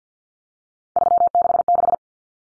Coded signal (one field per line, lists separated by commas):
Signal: Morse code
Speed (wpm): 50 wpm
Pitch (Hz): 700 Hz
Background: none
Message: 366